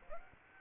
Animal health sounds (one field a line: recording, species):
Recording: mosquito wingbeat signal from an infrared sensor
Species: Aedes aegypti